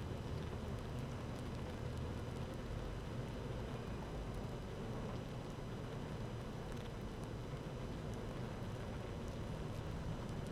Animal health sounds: honeybee colony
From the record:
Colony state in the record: active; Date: 12 June 2018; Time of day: 15:09

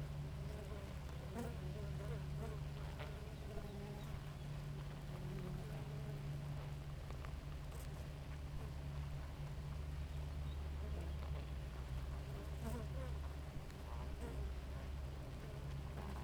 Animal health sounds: honeybee colony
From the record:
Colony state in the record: active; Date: 28 July 2017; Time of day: 4:49

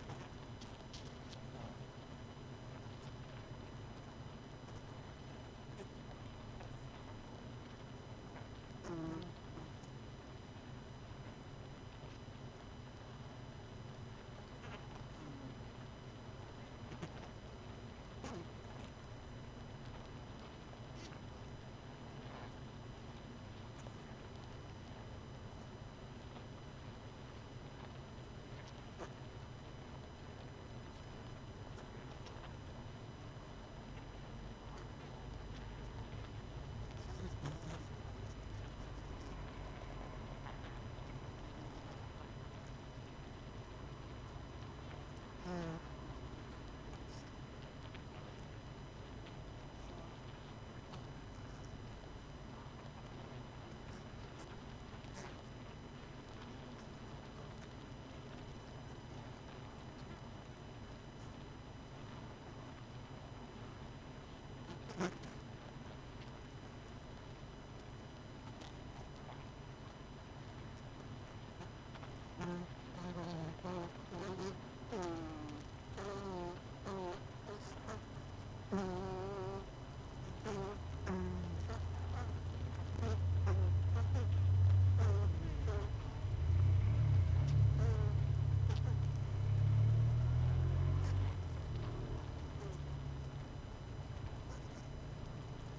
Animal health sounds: honeybee colony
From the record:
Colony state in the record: missing queen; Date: 31 May 2018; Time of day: 19:45

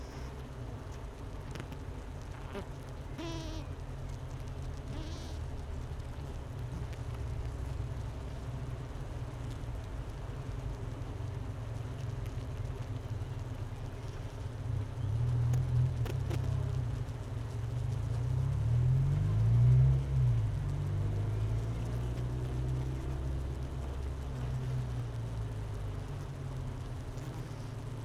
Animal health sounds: honeybee colony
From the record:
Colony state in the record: missing queen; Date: 31 May 2018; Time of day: 10:40

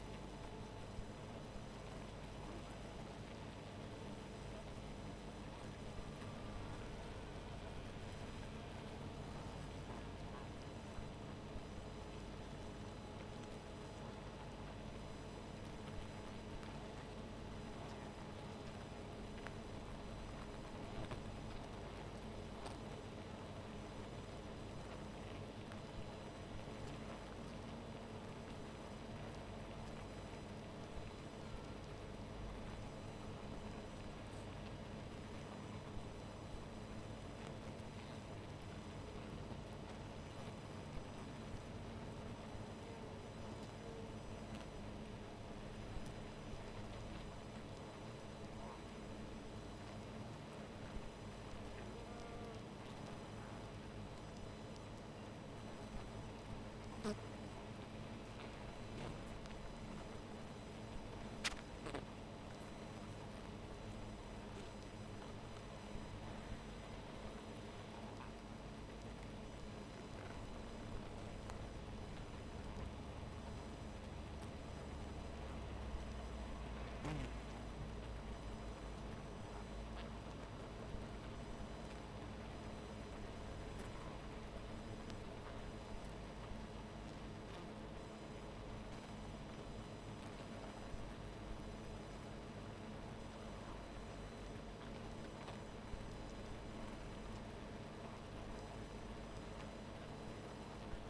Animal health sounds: honeybee colony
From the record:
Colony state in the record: missing queen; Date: 14 July 2017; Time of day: 0:00

